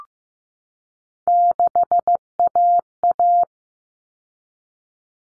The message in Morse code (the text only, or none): 6AA